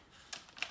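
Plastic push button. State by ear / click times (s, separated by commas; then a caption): seated / 0.6 s. The handlebar fold-release button on a Cybex Balios S stroller frame is pushed in after the seat has been folded down and the top button slid over. A faint tick comes at 0.3 s, then a sharp click at 0.6 s as the button seats, followed by a softer tick at 0.7 s. That click is what must be heard before the stroller can fold.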